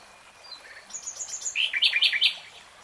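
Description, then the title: Nightingale song phrase: a thin high note, then a jumbled cluster of quick warbled and chirped notes. Real-time recording, not slowed. "[Tiếng chim hót] 3 Hours REALTIME Nightingale Singing"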